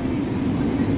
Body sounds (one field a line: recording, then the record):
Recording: coughing mixed with background sound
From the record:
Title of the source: choking, hacking coughing